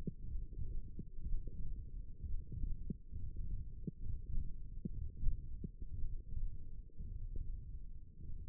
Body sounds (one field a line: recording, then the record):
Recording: forearm muscle sounds (acoustic myography)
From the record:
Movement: hand closing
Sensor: system 1, eight BSWA MPA416 microphones around the upper forearm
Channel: 1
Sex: male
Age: 23 years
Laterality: right